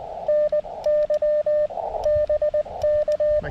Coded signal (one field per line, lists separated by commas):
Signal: Morse code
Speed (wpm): 19 wpm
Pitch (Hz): 600 Hz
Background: radio noise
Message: NY BK